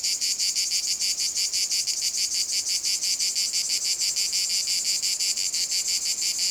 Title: Saint-Privat-de-Champclos, France - cicada field. domaine de la sabliére cicada